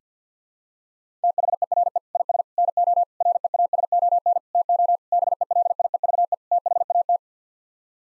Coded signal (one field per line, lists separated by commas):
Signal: Morse code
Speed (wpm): 50 wpm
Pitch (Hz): 700 Hz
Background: none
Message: THERE IS NO REASON TO BELIEVE THAT